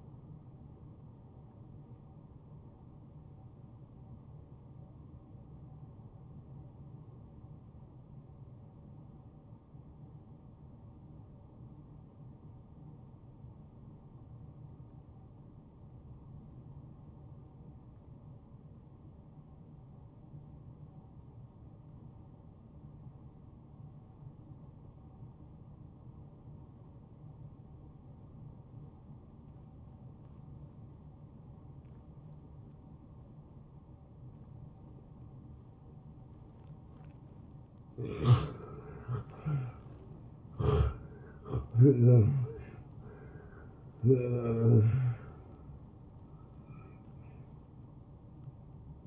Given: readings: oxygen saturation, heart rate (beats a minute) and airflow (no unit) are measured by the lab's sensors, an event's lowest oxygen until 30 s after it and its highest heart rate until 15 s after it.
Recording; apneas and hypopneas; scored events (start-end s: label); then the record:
breathing in sleep by a smartphone at the bedside; 1
7.00-38.30 s: obstructive apnea (N1, oxygen 93% highest, then 83% lowest)
From the record:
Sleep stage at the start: N1 (lightest sleep); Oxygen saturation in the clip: 78 to 93%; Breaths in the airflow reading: 4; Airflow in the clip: -16.7 to 9.7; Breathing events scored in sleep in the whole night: 263 in 5.5 hours asleep